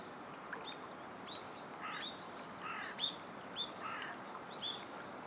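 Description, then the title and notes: Birds giving short high chirps and sharp notes over steady background noise. Recorded along the Tama River in the morning, as the clouds turn the colour of the morning sun. "朝陽色に染まる雲といっしょに、ゆったり流れる多摩川のひととき"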